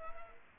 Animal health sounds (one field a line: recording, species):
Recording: mosquito wingbeat signal from an infrared sensor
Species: Culex quinquefasciatus